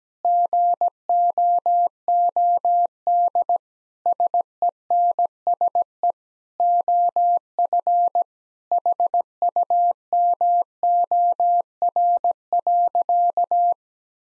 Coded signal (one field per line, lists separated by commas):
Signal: Morse code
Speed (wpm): 17 wpm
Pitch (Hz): 700 Hz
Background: none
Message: GOOD SENSE OF HUMOR.